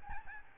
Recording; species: mosquito wingbeat signal from an infrared sensor; Aedes albopictus